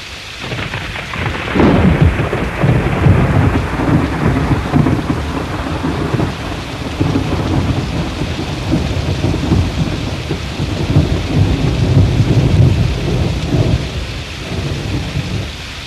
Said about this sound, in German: Im dramaturgisch genau richtigen Moment begann die Regenzeit.